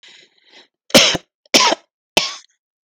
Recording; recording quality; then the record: shallow voluntary cough; excellent, no background noise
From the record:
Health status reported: healthy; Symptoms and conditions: diabetes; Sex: male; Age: 45 years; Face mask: not worn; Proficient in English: yes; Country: India